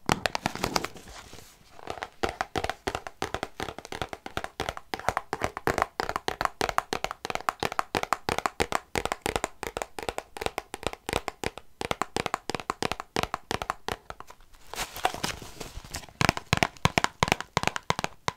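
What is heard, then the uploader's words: Fast, crisp tapping runs nearly nonstop, a dense stream of sharp clicks with small uneven gaps. The taps are bright and papery, at times close to crinkling, with brief rushing, rubbing passages near the start and again around fifteen seconds. ASMR Tapping for Tingles & Relaxation ~ (No Talking).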